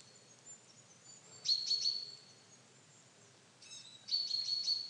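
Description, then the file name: Common chaffinch producing brief high call bursts, two groups a couple of seconds apart, with faint high notes between them. "Fringilla coelebs"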